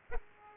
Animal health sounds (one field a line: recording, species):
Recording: mosquito wingbeat signal from an infrared sensor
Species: Aedes aegypti